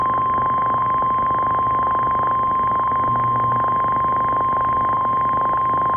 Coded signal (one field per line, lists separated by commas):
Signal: Emergency Alert System (SAME) tones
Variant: 1050 Hz attention tone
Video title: EAS Alerts From August 2025 eas 21-31